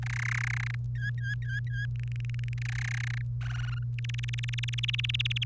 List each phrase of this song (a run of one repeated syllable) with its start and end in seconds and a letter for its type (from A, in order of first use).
0.02-0.75 A, 0.95-1.86 B, 1.96-2.53 C, 2.58-3.21 A, 3.41-3.79 D, 3.98-5.44 E